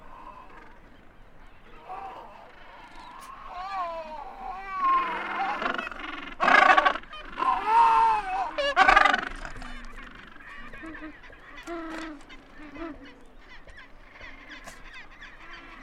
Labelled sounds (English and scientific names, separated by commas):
Gentoo Penguin (Pygoscelis papua) call